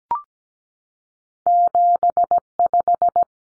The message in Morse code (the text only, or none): 75